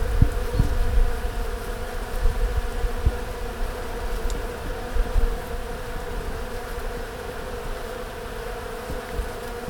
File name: Eixam D Abelles